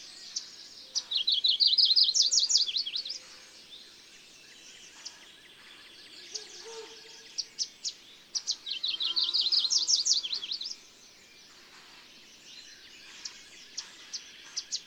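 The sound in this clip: Bird song with two rapid, high, warbling trills several seconds apart, each a couple of seconds long, separated by scattered thin chirps.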